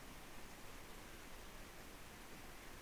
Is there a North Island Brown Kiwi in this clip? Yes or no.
no